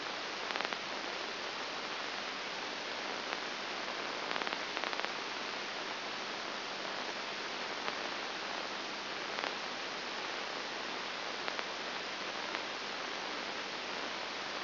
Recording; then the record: brain microelectrode recording played as sound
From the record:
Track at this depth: inside the subthalamic nucleus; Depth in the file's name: 1.305 mm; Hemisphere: left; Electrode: 2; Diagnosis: Parkinson's disease